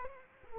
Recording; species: mosquito wingbeat signal from an infrared sensor; Culex quinquefasciatus